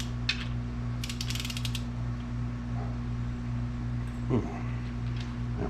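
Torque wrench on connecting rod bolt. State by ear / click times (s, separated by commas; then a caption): not seated / none. A torque wrench ratchets a connecting rod bolt during a 240sx KA24DE bottom end assembly, with short bursts of ratchet clicks around 0.3 s and from 1.2 to 1.7 s over a steady low hum. The wrench has not clicked at its setting, so the bolt has not reached torque yet.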